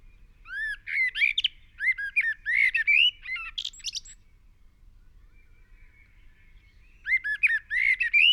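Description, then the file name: Eurasian blackbird singing fluty, warbled phrases that end in high squeaky twitters, two bursts of song separated by a pause of about three seconds. "Turdus merula"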